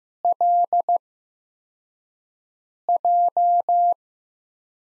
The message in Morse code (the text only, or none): LJ